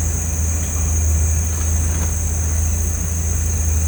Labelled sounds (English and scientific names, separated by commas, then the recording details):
none
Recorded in pastures near Puerto Asís, Putumayo, Colombia, on 18 December 2024 at 17:30
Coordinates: 0.466, -76.322
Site G040